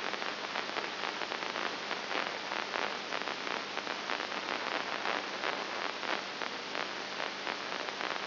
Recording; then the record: brain microelectrode recording played as sound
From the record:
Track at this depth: inside the subthalamic nucleus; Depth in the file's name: 5.9 mm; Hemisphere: right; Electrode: 2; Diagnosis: Parkinson's disease